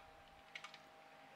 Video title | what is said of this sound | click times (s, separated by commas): Media Converter Setup: Extend Ethernet Using Fiber Like a Pro | you will definitely hear a latch uh | 0.6 s